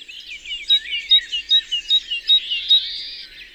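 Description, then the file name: Great tit singing a steady run of six bright repeated notes, a little over two per second, with other small birds chattering and warbling behind it. Recorded in the Drôme, France. "Mesange charboniniere Concerts Naturels de la Drome Studio les Trois Becs"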